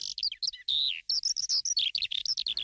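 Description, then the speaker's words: Skylark song: a rapid, continuous outpouring of high, warbling and chirruping notes, varied and tumbling without pause. In literature and poetry the skylark's singing symbolises the joyous spirit of the divine; described as a melodious songbird. "In literature and poetry, the singing of the skylark is taken to symbolise the joyous spirit of the divine channeled through the song."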